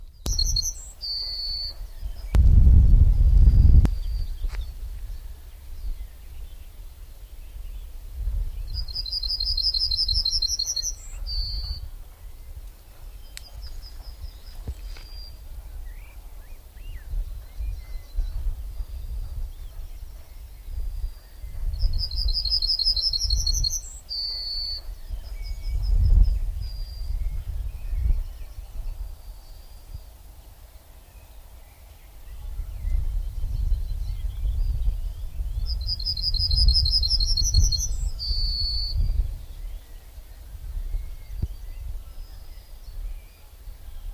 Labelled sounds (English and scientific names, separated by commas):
Yellowhammer (Emberiza citrinella) song